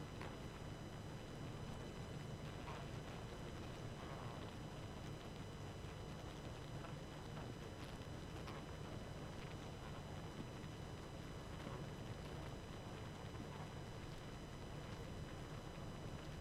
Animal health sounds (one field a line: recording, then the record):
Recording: honeybee colony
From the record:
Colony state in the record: active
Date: 12 June 2018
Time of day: 23:11